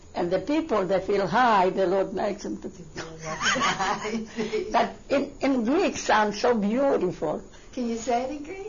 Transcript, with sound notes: And the people that feel high, the Lord makes them to feel low. ( she laughs ) But in Greek sounds so beautiful.
Can you say it in Greek?